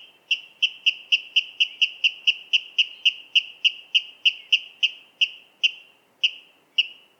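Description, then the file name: Water rail delivering a fast run of clipped, ringing kip notes, then slowing down, the final notes spaced well apart. "Waterral Rallus aquaticus"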